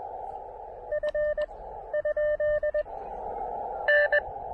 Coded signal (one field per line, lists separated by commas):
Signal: Morse code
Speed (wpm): 20 wpm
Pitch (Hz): 590 Hz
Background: radio noise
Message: F ? N